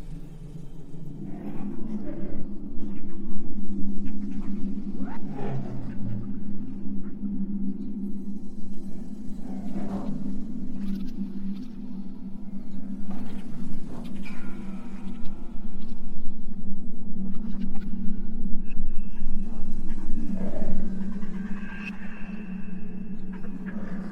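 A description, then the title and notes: An exoplanet ambience built on a steady, low humming drone that holds for the whole stretch. Every few seconds, creature-like cries and sliding whistles rise over it, notably around 5, 10, 15 and 21 seconds, with a thin high tone near the end. Alien planet | Exoplanet Ambience.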